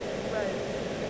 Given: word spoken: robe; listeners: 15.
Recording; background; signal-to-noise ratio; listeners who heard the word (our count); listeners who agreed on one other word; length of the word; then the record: one English word in noise, from a listening test; speech-shaped noise; -5.9 dB; 0 of 15; 8 of 15; 0.70 s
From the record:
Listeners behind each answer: 8, 3, 2, 1, 1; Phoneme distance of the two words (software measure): 10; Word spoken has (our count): 1 syllable, 3 phonemes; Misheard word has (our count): 1 syllable, 3 phonemes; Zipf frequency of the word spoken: 3.11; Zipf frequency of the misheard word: 5.28